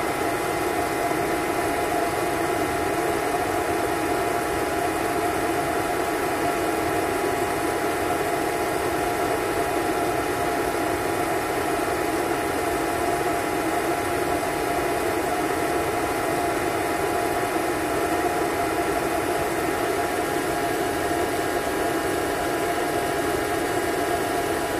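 A vacuum cleaner runs at a constant, unchanging drone, with a dense airy roar and a steady motor whine held throughout.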